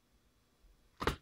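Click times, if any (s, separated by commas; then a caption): 1.0 s, 1.1 s. The unlock button on a Microsoft Surface Book is pressed to release the detachable screen (tablet) from its keyboard base. After a near-silent stretch, the latch in the base gives a sharp double click at 1.0 s and 1.1 s. The latch clicks open and the screen is released, ready to be pulled out.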